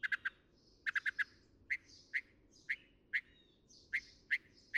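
Northern mockingbird song: sharp repeated chip notes in quick groups and singles, with faint whistled notes between them over steady background hiss.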